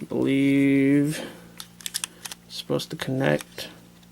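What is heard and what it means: Someone talks while handling a plastic holder part against a 1/100 scale MG MS-07B Gouf Ver. 2.0 plastic model kit figure, with a run of small, sharp plastic ticks between about 1.6 and 2.3 seconds. The part has not seated or clicked into place yet.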